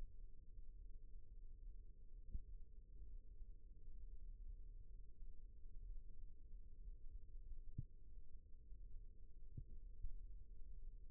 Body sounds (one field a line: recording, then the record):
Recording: forearm muscle sounds (acoustic myography)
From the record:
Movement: rest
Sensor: system 1, eight BSWA MPA416 microphones around the upper forearm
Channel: 3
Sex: female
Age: 21 years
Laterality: right